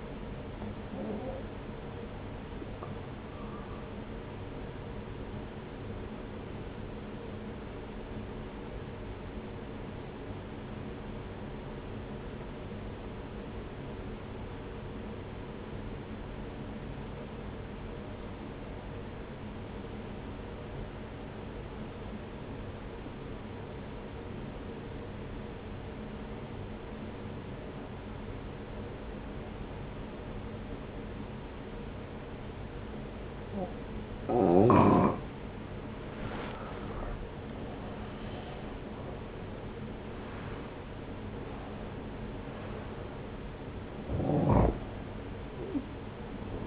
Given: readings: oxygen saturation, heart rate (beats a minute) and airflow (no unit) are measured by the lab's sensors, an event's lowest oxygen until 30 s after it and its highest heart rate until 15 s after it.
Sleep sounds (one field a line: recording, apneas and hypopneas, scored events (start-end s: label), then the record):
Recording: breathing in sleep by a voice recorder at the bedside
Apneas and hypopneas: 1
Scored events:
2.00-46.67 s: new sleep stage, N1 (lightest sleep)
6.00-34.30 s: obstructive apnea (N1, oxygen 95% highest, then 85% lowest)
From the record:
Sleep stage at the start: N2 (light sleep)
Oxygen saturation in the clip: 86 to 95%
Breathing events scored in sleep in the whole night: 303 in 8.1 hours asleep